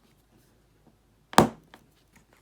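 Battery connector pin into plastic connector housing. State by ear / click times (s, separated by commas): seated / 1.4 s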